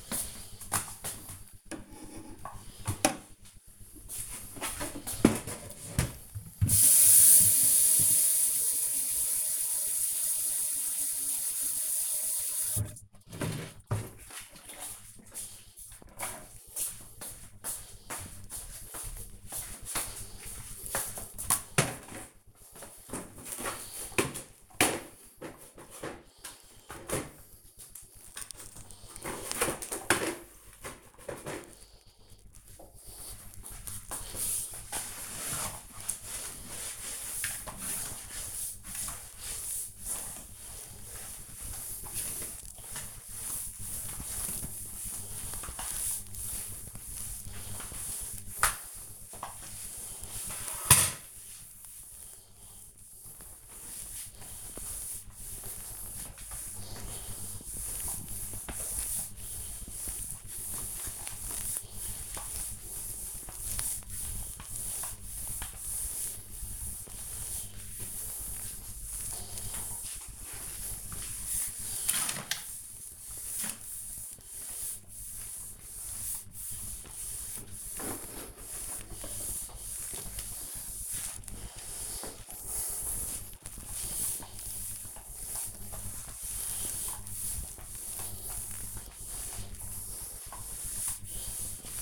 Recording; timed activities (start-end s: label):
household activities, microphone on the right wrist
24.88-92.02 s: floor cleaning